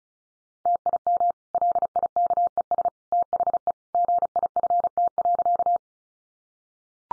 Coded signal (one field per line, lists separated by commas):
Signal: Morse code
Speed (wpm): 34 wpm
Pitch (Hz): 700 Hz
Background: none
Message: TIM LIKES THE GIFT.